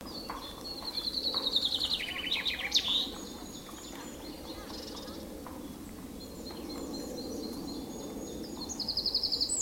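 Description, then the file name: Common chaffinch delivering one descending trilled phrase with a sharp ending, then quiet noisy background before another trill begins near the end. "Vink - Fringilla coelebs"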